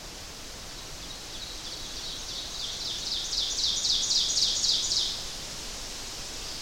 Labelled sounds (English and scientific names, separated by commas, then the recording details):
Ovenbird (Seiurus aurocapilla) song
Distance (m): 30 m
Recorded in boreal forest in Alberta, Canada, on 12 June 2016 at 06:05
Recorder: SongMeter 3, array SBT-3-18
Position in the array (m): 229 m, 88 m
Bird 31